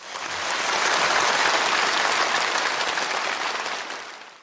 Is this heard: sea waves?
no